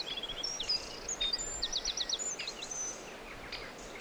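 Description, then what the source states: Birds chirping, a short trill, then thin whistles and a string of five quick repeated notes, followed by sparse high chips over soft hiss. Birdsong in a forest.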